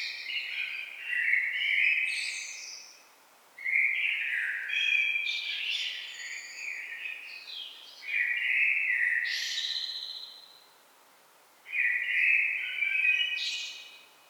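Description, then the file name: Common blackbird singing mellow warbled phrases that each finish in thin, high twittering notes, four phrases separated by short silent gaps. "Turdus merula"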